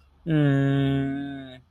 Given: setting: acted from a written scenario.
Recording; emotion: vocal sound without words; shame